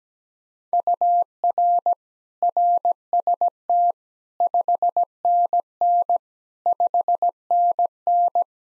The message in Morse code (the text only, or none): UR RST 5NN 5NN